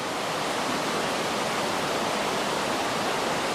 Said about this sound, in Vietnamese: quý vị có nghe tiếng gì không? Tiếng mưa đó. Tiếng mưa nghe vui ghê ha.